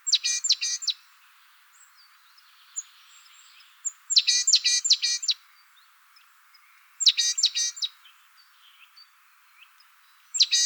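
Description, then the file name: Great tit giving short bursts of three or four bright, buzzy ticking notes, repeated roughly every three seconds, with faint soft chirps between them. "Parus major"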